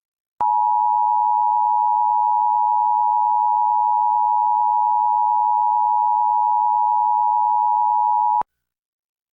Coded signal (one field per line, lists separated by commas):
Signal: Emergency Alert System (SAME) tones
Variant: 853 and 960 Hz attention tone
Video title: EAS #1051-1052: 2 EAS Required Monthly Tests- Feb. 5, 2025- 12:15AM PST